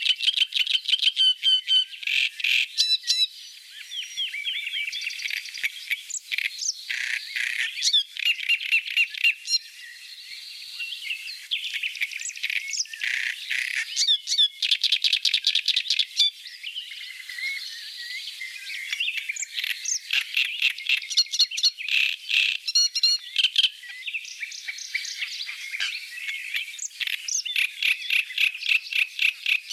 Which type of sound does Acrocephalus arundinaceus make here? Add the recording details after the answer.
song. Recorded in the wild. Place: NSG Kittlitzer Hofsee, Schleswig-Holstein, DE. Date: 1986-05-13. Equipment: Uher Report Monitor. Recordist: Schwarz, Dieter